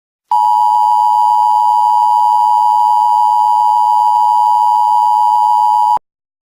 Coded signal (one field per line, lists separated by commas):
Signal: Emergency Alert System (SAME) tones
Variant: 853 and 960 Hz attention tone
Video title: EAS Scenario #2: Thanksgiving (Happy Thanksgiving Everyone)